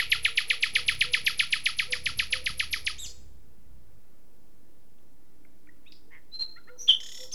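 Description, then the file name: Common nightingale song opening with a fast, even series of many loud clicking notes over about three seconds, then silence broken by two brief high calls. "Luscinia megarhynchos"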